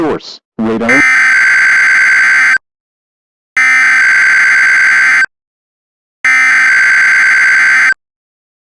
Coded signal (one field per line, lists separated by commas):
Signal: Emergency Alert System (SAME) tones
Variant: header bursts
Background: speech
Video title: West Coast False Alarm — An EAS Scenario